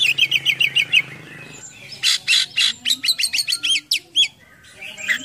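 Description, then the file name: Oriental magpie-robin song starting with a quick series of repeated chirps, followed by harsh bursts and a rapid string of sharp whistled notes. Full gacor singing with a rich full isian of imitated songs. "KACER GACOR FULL ISIAN MEWAH"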